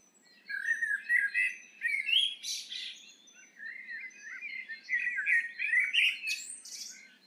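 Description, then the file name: Eurasian blackbird singing mellow, fluty warbled phrases that end in higher squeaky twitters, with a brief lull midway. "Turdus merula"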